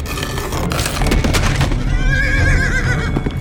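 A horse hitched to a cart lets out a loud, frantic scream of a neigh at night, a shrill wavering cry that trembles in pitch over a dense, rumbling background with some clattering hoof-like thuds.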